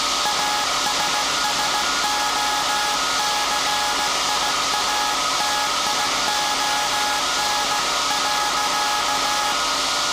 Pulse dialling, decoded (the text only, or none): none